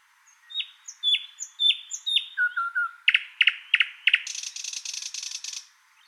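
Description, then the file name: Thrush nightingale song of repeated whistled notes sliding down, a few low notes, loud spaced clicks, then a sustained fast buzzy rattle lasting over a second. "British Library - Thrush Nightingale Luscinia luscinia"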